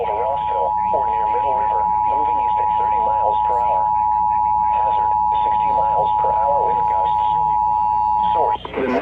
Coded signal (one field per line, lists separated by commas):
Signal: Emergency Alert System (SAME) tones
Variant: 853 and 960 Hz attention tone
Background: speech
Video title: EAS Alerts from 8/14/25 (EAS #194-203)